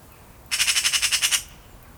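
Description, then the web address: Eurasian magpie chattering call: a harsh, rattling burst of about nine rapid, evenly spaced grating notes lasting under a second, over quiet background. "SETE data Pica pica"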